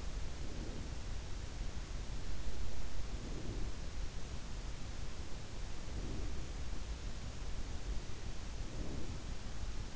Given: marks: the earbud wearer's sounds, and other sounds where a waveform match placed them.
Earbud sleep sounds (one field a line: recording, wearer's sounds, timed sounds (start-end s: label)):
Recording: sounds in sleep by an in-ear microphone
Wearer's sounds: breath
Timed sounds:
0.00-1.33 s: breath
2.76-4.23 s: breath
5.61-6.64 s: breath
8.42-9.63 s: breath